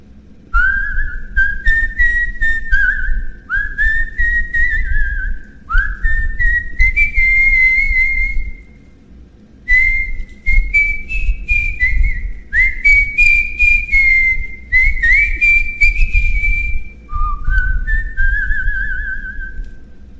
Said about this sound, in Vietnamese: Chàng quýt sáo miệng nho nhỏ đệm theo tiếng hát của người yêu.